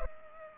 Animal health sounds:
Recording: mosquito wingbeat signal from an infrared sensor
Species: Culex pipiens

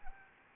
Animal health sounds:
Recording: mosquito wingbeat signal from an infrared sensor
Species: Anopheles arabiensis

